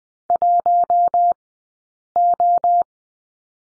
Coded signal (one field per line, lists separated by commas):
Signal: Morse code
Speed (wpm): 20 wpm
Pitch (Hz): 700 Hz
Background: none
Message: 1O